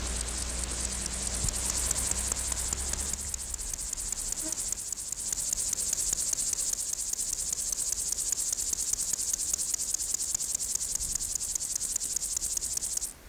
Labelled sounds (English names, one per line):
Meadow Grasshopper stridulation